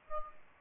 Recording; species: mosquito wingbeat signal from an infrared sensor; Aedes albopictus